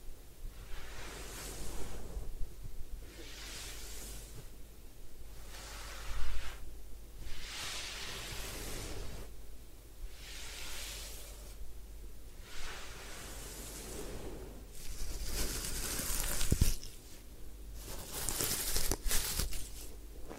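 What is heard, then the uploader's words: Hair washing at a head spa: rhythmic swishing and rustling strokes roughly every two seconds over a low hum, with sharper scratchy bursts near the end. Head Spa Hair Wash, Massage, Ear Cleaning.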